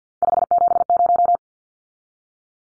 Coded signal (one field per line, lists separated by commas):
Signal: Morse code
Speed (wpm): 50 wpm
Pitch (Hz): 700 Hz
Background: none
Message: 570